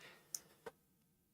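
A plastic Lego brick is pushed onto a Lego Star Wars AT-M6 (75189) brick model while its builder worries it won't clip in properly. A sharp click at 0.4 s, followed by a softer knock at 0.7 s, confirms that the brick has seated in place.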